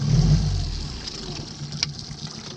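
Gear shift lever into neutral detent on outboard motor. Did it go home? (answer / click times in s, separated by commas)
yes / 1.8 s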